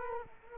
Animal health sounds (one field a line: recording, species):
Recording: mosquito wingbeat signal from an infrared sensor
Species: Culex quinquefasciatus